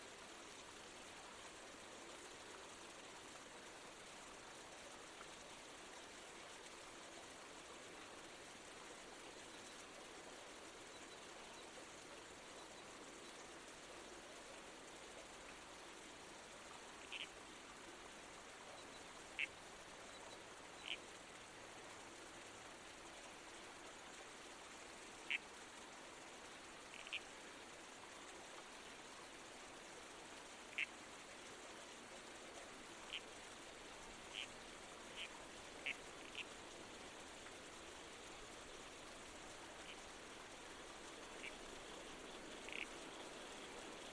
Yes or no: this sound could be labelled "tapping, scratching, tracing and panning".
no